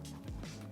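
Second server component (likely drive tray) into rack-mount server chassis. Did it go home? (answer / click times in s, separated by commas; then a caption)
no / none. A second matching server part, likely a drive tray, is pushed into a Silverstone RM22-308 rack-mount server chassis while music plays underneath. A few brief bumps rise over the music around 0.1, 0.3 and 0.4 seconds. Nothing has seated or clicked yet, so the part fails to click in.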